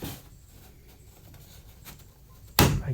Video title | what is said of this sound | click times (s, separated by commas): Rubbermaid Big Max 7x7 Shed Review | you'll get a satisfying click however with each of the clips of the wall joints | 2.6 s